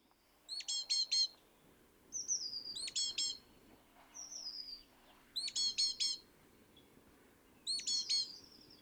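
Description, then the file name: Great tit calls: bursts of three or four sharp, harmonic chattering notes, repeated every two to three seconds, with thin whistled slurs between bursts. "Parus major"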